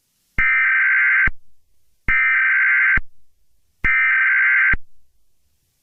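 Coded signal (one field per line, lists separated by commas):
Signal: Emergency Alert System (SAME) tones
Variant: header bursts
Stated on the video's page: Fictional EAS scenario about a megalodon attacking San Diego, containing valid tones and sirens.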